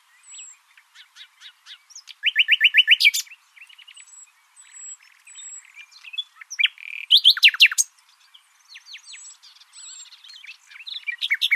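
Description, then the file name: Common nightingale song: soft ticking notes, a loud fast rattling trill, varied chirps, then another harsh rapid burst. "Luscinia megarhynchos"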